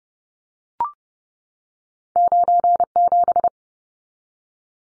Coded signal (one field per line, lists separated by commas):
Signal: Morse code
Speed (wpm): 30 wpm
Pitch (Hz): 700 Hz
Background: none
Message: 97